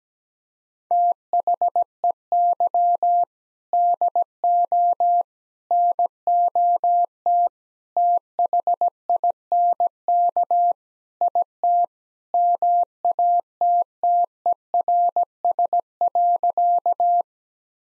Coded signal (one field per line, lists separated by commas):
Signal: Morse code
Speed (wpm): 17 wpm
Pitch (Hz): 700 Hz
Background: none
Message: THEY DO NOT THINK IT MATTERS.